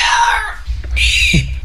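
Two shrill, squeaky bursts within under two seconds, each high-pitched and strained, the second ending in a short low catch. These are peculiar, unusual-sounding hiccups in an adult woman, more like high squeals than the usual soft 'hic', occurring in a bout every single day.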